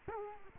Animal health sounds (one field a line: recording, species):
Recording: mosquito wingbeat signal from an infrared sensor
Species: Culex quinquefasciatus